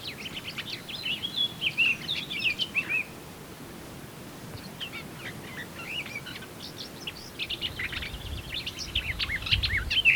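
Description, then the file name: Eurasian blackcap giving two bursts of varied, quick warbling notes separated by a short quiet pause, with low background rumble near the end. "Sylvia atricapilla"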